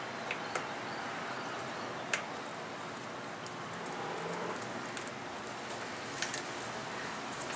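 A rubber boot on an Accel 8.8 mm spark plug wire is pushed onto its crimped terminal over a steady broadband hiss, with a few faint ticks of handling. A sharp click at 2.1 s marks the boot seating on the terminal, and it is confirmed on.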